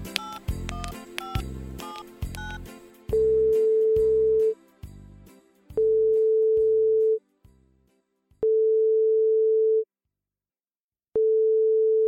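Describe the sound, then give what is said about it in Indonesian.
A quick run of telephone keypad beeps, as a child dials to call her father out of town, gives way to a steady, repeating ring tone, long pulses separated by short pauses, with no one speaking. “Dengan bersemangat, ia menekan tombol-tombol telepon untuk menghubungi ayahnya di luar kota.”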